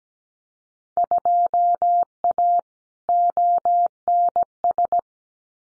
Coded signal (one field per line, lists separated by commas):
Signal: Morse code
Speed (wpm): 17 wpm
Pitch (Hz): 700 Hz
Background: none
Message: 2A ONS